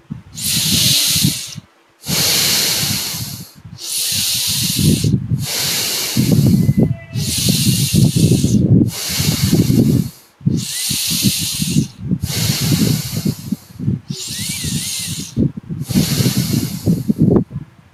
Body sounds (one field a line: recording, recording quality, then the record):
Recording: deep breathing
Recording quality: excellent, no background noise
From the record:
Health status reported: healthy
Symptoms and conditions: none ticked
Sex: male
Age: 21 years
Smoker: not ticked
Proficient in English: yes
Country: India